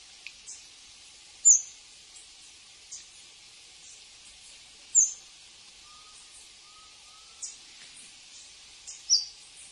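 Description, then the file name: Red-legged honeycreeper giving several sharp, high thin chips at uneven intervals, with softer ticks in between and three faint lower whistles midway. "canto do saira beija flor"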